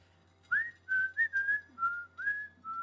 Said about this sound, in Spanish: siempre entraba en la tienda silbando y con una sonrisa